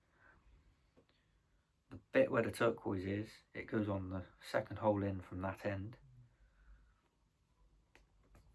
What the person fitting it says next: And you fit it in there and it clicks into place like so.